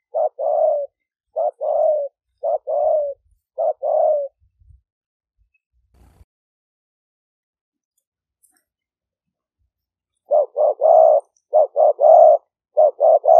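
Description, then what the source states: Spotted dove with several low hollow coo phrases, a quiet stretch of several seconds with faint knocks, then the cooing phrases return. Vietnamese cooing style called "5 hậu".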